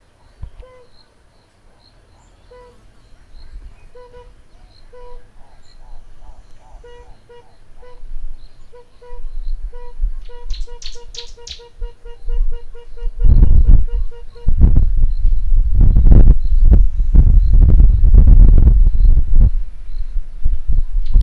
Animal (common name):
Tambourine Dove